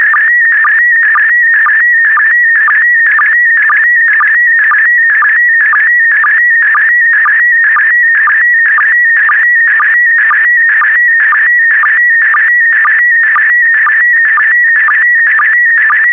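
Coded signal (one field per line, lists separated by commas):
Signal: SSTV (slow-scan television)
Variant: PD120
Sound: continuous warbling tone with rhythmic short low chirps about twice per second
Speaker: the next image transmission will start in 10 seconds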